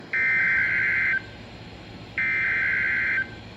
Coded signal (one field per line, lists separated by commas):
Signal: Emergency Alert System (SAME) tones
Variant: header bursts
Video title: EAS #21 - WX Radio Severe Thunderstorm Warning